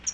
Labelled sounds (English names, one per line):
Pine Warbler flight call